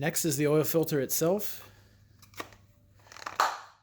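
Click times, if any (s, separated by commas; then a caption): 3.4 s. A new oil filter element is pushed onto the plastic oil filter housing cap during an oil change on a BMW M235i (N55, F22). Someone talks, then a soft tick is heard near 2.4 s and a short run of small clicks near 3.1–3.3 s. A sharp click at 3.4 s marks the filter seating on the cap.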